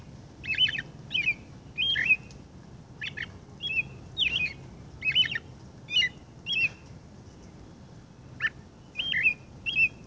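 Robin song of short, slurred whistled phrases given one after another with brief pauses between them.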